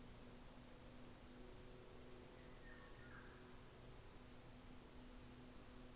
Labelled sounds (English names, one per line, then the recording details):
New Zealand Fantail
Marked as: faintness 2/5
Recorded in New Zealand on 24 December 2018
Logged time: 13:00